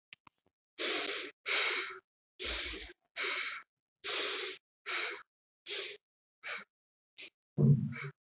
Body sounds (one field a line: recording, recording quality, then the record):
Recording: shallow breathing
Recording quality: excellent, no background noise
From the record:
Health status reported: COVID-19 positive, moderate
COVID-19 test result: positive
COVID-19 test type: RT-PCR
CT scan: not taken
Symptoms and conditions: cough, cold, sore throat, fever, fatigue, muscle pain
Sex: male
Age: 25 years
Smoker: no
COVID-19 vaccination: both doses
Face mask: not worn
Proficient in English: yes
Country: India